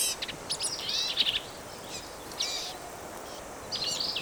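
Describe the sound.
Black-capped vireo song with buzzy, harsh high phrases in bursts separated by short gaps, against faint background hiss.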